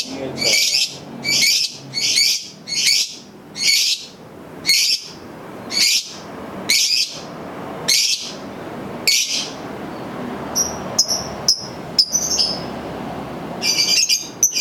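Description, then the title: Lovebird repeating harsh, buzzy high notes nearly once a second, followed by a few thin sharp chips. Masteran bird sounds used for training birds. "MASTERAN BURUNG 2"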